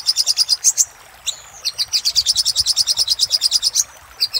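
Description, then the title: Little spiderhunter song: a rapid even string of piercing high chips, broken once by a short whistled note. Master song for training cage birds; labaik variant. "Masteran Burung Sogok Ontong Labaik"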